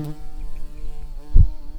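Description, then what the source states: Buff-tailed bumblebee buzz, a low, rich droning hum with steady overtones, wavering slightly in loudness, with a brief sharp thump about three-quarters of the way through. Queen bumblebees.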